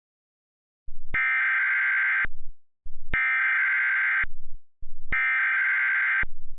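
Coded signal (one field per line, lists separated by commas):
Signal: Emergency Alert System (SAME) tones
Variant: header bursts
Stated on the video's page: Remake, a recreated EAS alert for a tornado, using valid EAS tones.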